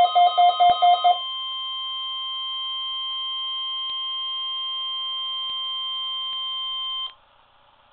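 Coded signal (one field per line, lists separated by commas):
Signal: Emergency Alert System (SAME) tones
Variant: 1050 Hz attention tone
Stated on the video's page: First test received on a new Midland 74-200 weather radio.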